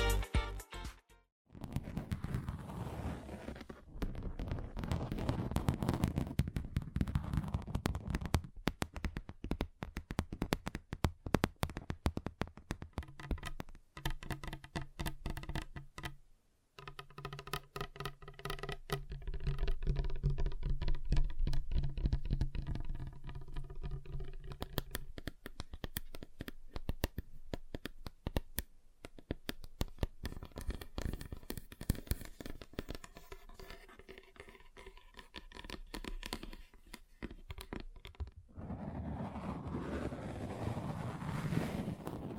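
Tapping on a table and other surfaces in fast, dense runs of sharp knocks that blur into a rattling patter, with a low rumble underneath. Brief silences fall near 1, 7 and 16 seconds, and from about 17 to 38 seconds the taps take on a more ringing, tonal sound.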